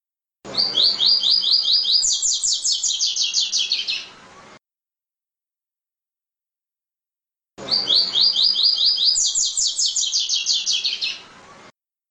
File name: Canto do Coleiro